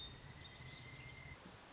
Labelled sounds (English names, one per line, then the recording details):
Pileated Woodpecker
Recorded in Sonoma County, California